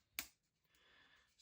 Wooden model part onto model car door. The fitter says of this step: Snap it in. And we're good.